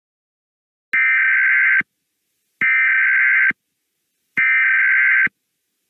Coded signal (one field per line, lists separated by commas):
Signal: Emergency Alert System (SAME) tones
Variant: header bursts